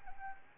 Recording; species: mosquito wingbeat signal from an infrared sensor; Anopheles arabiensis